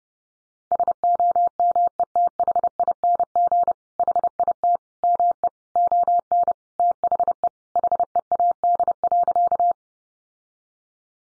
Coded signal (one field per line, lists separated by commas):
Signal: Morse code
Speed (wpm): 30 wpm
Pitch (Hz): 700 Hz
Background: none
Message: SOMETHING HIT ME ON THE HEAD.